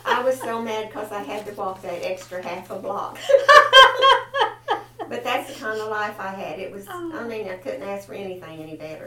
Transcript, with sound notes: I was so mad because I had to walk that extra half a block! (Laughter) But that's the kind of life I had. It was--
Ah!
--I mean I couldn't have asked for anything any better.